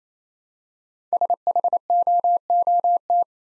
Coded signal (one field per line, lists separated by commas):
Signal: Morse code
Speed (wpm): 27 wpm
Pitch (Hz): 700 Hz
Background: none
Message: SHOOT